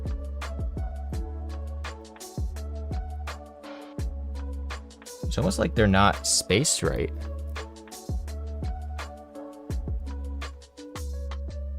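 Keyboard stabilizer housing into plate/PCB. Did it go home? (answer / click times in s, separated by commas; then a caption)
no / none. A plastic keyboard stabilizer housing is pressed again into the plate/PCB of a Daring Run DR-70F keyboard build, making knocks and taps over steady background music while someone talks. The stabilizer has not clicked in and does not seat.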